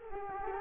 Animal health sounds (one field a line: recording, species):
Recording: mosquito wingbeat signal from an infrared sensor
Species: Culex quinquefasciatus